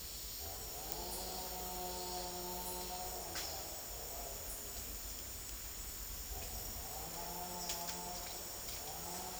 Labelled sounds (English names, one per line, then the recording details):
none
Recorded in dense forest near Puerto Asís, Putumayo, Colombia, on 19 March 2025 at 16:30
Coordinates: 0.503, -76.323
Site GP09